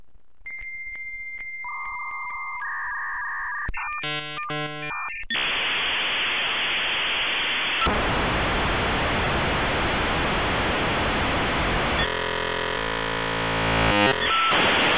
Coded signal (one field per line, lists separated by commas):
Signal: dial-up modem handshake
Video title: Getting Dial Up Internet in 2023!